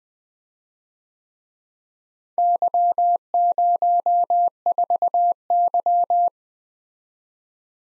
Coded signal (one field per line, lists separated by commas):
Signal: Morse code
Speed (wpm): 23 wpm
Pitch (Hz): 700 Hz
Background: none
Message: Y04Y